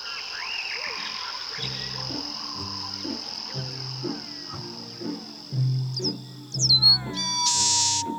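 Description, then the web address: Frog croaking, a series of low gruff notes, with a constant high drone and a burst of louder, higher sounds near the end. Frog in the swamps of the Amazon; jungle and tropical forest sounds. "drvesen kozel i zaba v blatata na amazonia"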